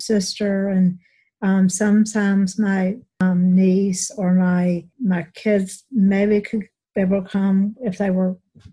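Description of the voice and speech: Halting speech from an adult woman with fillers, word repetitions and a grammatical slip, typical of mild aphasia after a severe stroke, with right-sided numbness; she had speech therapy and an intensive aphasia program.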